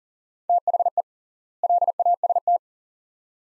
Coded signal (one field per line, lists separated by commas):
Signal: Morse code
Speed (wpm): 40 wpm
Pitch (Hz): 700 Hz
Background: none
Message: THE LAST